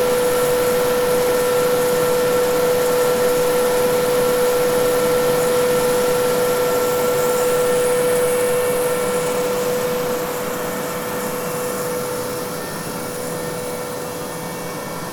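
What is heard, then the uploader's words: Machines run with a steady, dense whir, a constant hum holding one pitch beneath a wash of hiss and faint high whines. Around ten seconds the sound drops a little in loudness and the brightest hiss thins, then it continues evenly to the end. Factory. Qingdao is a developed and industrial city. The sound of the machines.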